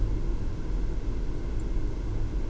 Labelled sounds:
Song Thrush (Turdus philomelos)
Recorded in Germany
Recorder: ecoPi

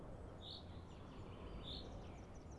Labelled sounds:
Common Chaffinch (Fringilla coelebs)
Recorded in Germany
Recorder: ecoPi

